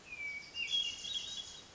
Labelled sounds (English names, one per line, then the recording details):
Hermit Thrush
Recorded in Sonoma County, California